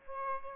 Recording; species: mosquito wingbeat signal from an infrared sensor; Aedes aegypti